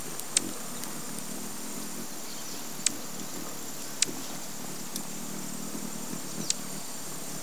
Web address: sound Horned-Sungem. صدای-پرنده-خورشیدنگین-شاخدار